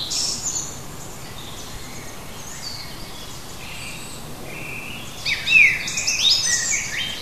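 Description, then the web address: Bird song, a few thin high notes early, then a brief rush of quick twittering notes near the end against soft background noise. Native bird of a hedge habitat, recorded in June. "oeko hecke vogel juni vogel heimisch"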